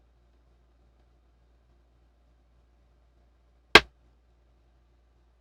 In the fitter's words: I was waiting for it to hear the click, but I couldn't hear no click. So, it clicked that time, though.